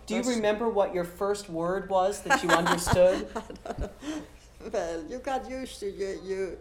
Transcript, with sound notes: Do you remember what your first word was that you understood?
(she laughs) I don't, well, you get used to, you, you,